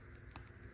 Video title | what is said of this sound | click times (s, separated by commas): StrongInk Fountain Pen Kit Tutorial - PKFT-2-CH Build & Assembly Guide | hear that snap? That snap seems to be the magic. | 0.4 s